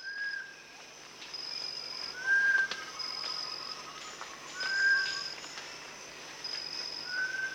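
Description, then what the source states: Rufous-tailed shama making short, clear whistles every two to three seconds against a steady shrill insect chorus. Recorded at Danum on 1 January 2008.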